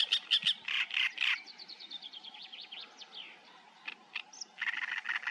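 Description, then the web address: Great reed warbler song: loud, rasping chattering notes at first, then a quieter series of thin notes, before the harsh chattering returns. "ptaki trzciniak trzciniak"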